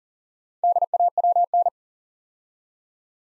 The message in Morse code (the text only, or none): DAWN